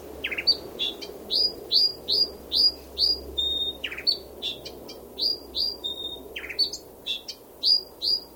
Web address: Sound Effects-Foundation 1 BIRD BROWN THORN BILL CALL